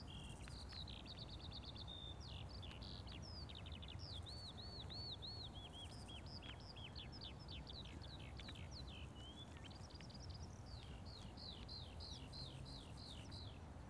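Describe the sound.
Eurasian skylark pouring out a high-pitched warble of rapid trills, looping whistles and chirps over constant low background rumble.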